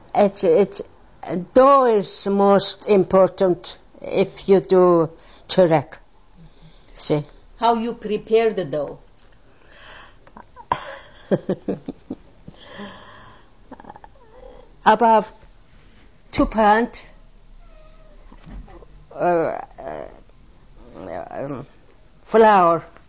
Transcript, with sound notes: It's, the dough is most important if you do chorek, see.
How you prepare the dough?
( she laughs ) About two pound flour,